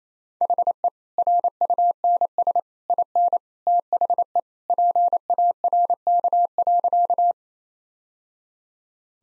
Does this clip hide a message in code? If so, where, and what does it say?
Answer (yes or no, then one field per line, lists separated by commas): yes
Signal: Morse code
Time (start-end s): 0.4-7.3 s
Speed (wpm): 28 wpm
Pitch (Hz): 700 Hz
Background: none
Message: HE RUNS IN THE PARK.